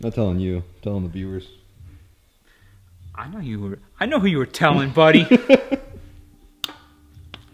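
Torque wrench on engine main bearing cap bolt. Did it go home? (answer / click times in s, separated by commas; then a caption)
yes / 6.6 s. A click-type torque wrench tightens the main bearing cap bolts on a Miata engine, bringing them up gradually toward 43. Someone talks, then the wrench breaks over with a sharp click at 6.6 s, confirming it reached the setting. A fainter tap follows at 7.3 s.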